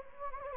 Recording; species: mosquito wingbeat signal from an infrared sensor; Anopheles gambiae